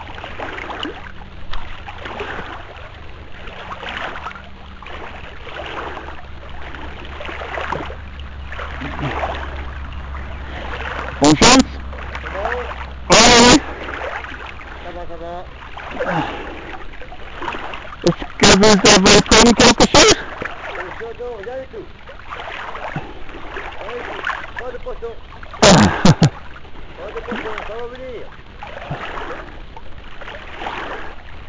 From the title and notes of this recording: Wildswimming in France. I take a swim along a section of the Charente river near Chatain in the Poitou-Charente region of France. I start upstream at the bridge and go down as far as the weir, then back. This was recorded by an old MP3 player cable-tied to a woolly hat.